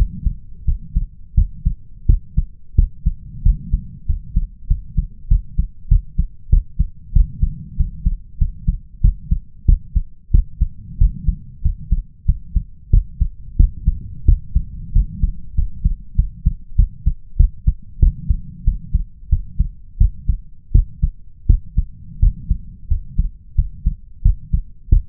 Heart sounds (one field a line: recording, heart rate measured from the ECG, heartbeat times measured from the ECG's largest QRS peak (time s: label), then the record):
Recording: heart sounds by stethoscope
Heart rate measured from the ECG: 92 bpm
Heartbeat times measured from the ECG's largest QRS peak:
0.65 s: heartbeat
1.34 s: heartbeat
2.06 s: heartbeat
2.75 s: heartbeat
3.42 s: heartbeat
4.06 s: heartbeat
4.67 s: heartbeat
5.28 s: heartbeat
5.88 s: heartbeat
6.49 s: heartbeat
7.12 s: heartbeat
7.76 s: heartbeat
8.38 s: heartbeat
9.01 s: heartbeat
9.65 s: heartbeat
10.31 s: heartbeat
10.97 s: heartbeat
11.61 s: heartbeat
12.25 s: heartbeat
12.90 s: heartbeat
13.56 s: heartbeat
14.25 s: heartbeat
14.92 s: heartbeat
15.54 s: heartbeat
16.15 s: heartbeat
16.75 s: heartbeat
17.36 s: heartbeat
17.99 s: heartbeat
18.64 s: heartbeat
19.29 s: heartbeat
19.97 s: heartbeat
20.72 s: heartbeat
21.46 s: heartbeat
22.19 s: heartbeat
22.88 s: heartbeat
23.55 s: heartbeat
24.22 s: heartbeat
24.89 s: heartbeat
From the record:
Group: healthy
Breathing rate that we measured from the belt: 8 breaths a minute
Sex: male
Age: 21 years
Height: 180 cm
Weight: 67.5 kg